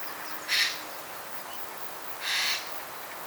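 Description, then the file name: Eurasian jay giving two harsh, raspy screeches about two seconds apart over a faint steady hiss. "Garrulus glandarius"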